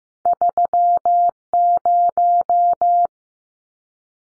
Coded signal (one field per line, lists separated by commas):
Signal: Morse code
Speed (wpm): 15 wpm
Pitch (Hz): 700 Hz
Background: none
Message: 30